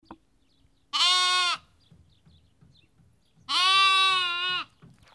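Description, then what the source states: Sheep bleats from a lamb: a short, reedy bleat, then a longer one after a couple of seconds of quiet. Lamb; Kakopetria, Cyprus.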